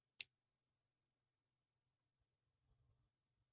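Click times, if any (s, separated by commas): 0.2 s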